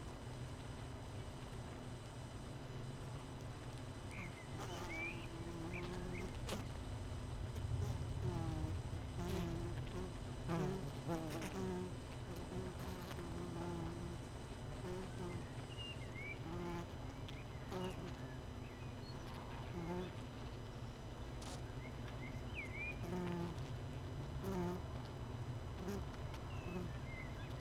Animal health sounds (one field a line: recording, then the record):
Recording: honeybee colony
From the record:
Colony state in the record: missing queen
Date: 31 May 2018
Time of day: 19:03